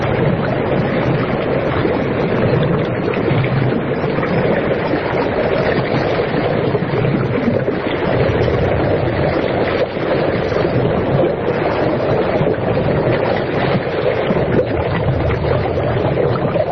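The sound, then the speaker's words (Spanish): A steady, dense rush of sea water with a murky, bubbling undertone, like an underwater recording, holding the same loudness throughout with no voices. “Escucho personalmente un sonido del mar, y había una especie como de burbujeo o algo extraño, como muy interior.”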